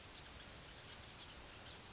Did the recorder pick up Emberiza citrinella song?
no